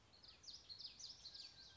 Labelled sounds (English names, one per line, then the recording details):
Common Yellowthroat
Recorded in Sonoma County, California